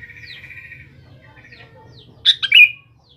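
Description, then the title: Sooty-headed bulbul: one quick, rich three-note phrase following a soft buzzy trill, with faint chirps in the background. "Kutilang"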